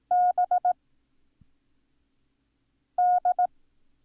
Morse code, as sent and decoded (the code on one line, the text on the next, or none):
-... / -..
B D